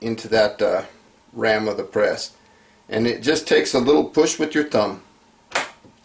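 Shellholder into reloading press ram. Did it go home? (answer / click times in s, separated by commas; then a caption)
yes / 5.6 s. A metal shellholder is pushed with the thumb into the slot in the ram of a single-stage reloading press while someone talks. It snaps into place with a short, sharp click at 5.6 seconds, and the shellholder is seated.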